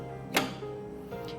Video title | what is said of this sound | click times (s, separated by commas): Tutorial de Limpeza e Desinfecção do Carescape R860 GE | and push the housing into a position listen for an audible click | 0.4 s